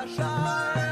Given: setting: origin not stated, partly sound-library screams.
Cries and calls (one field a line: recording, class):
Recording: one-second piece from a danger detection set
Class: normal situation